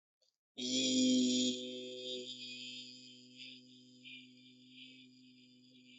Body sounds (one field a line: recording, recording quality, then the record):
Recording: sustained vowel as in beet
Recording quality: excellent, no background noise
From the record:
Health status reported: healthy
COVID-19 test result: negative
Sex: male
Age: 28 years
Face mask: not worn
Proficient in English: yes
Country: India